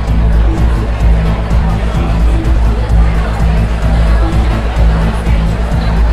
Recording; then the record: background sound without coughing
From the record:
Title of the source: Party Noise 1 Hour Party Ambience